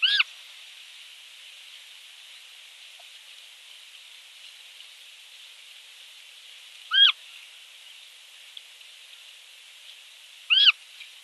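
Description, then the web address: Giant otter pup producing three brief arched screams spaced several seconds apart, with continuous hiss in between. "zvucite na golamata vidra kraskt na edno pile"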